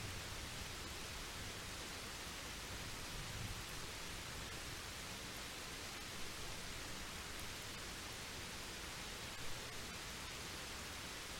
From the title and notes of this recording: Thunderstorm Time Lapse: Capturing the Dynamic Nature of a Storm.